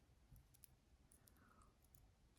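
A crimped contact is pressed into the plastic plug housing of a model locomotive decoder, and it clicks into place at 0.6 s, standing out above a low background hum. A few fainter ticks follow around 1.1, 1.3 and 2.0 s. The contact is seated, firmly held and locked in the housing.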